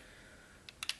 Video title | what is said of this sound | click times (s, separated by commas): Armada Jetfire with Commetor | they will lock into place one to another just latch those and they should hold | 0.8 s, 0.9 s